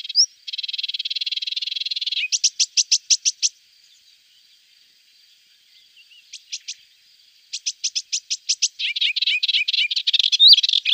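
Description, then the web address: Melodious warbler song: a buzzy sustained note, then rapid repeated clicking notes, a pause, more repeated notes and a final burst of quick warbling. "Schulze Peter Melodious Warbler song"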